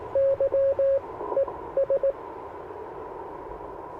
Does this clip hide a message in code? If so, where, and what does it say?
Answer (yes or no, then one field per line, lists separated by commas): yes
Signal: Morse code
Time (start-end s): 0.2-2.1 s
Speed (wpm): 18 wpm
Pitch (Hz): 550 Hz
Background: radio noise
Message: YES